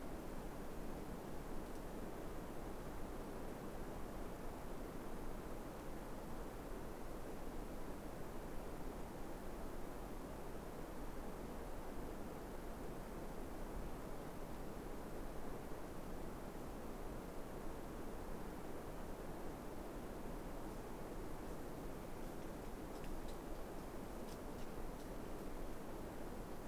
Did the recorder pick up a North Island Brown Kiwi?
no